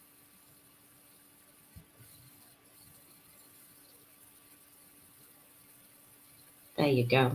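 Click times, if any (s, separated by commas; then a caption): none. A small metal jump ring is being squeezed shut with pliers onto a necklace chain, the cut ends brought together until they meet so the ring is fully closed. Quiet handling noise runs under a steady background hum, with a faint tap near 1.8 s, and someone talks at the very end. The ring has not clicked closed yet; nothing has seated within the clip.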